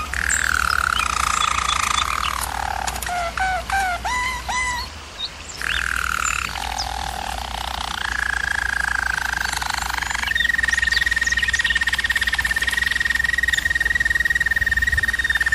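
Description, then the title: German Roller canary song: deep rolling tours, a series of short upslurred notes, more rolls, then a long steady trill held to the end. Used as a canary training recording. "German Roller Canary Singing - Canary Training Vid"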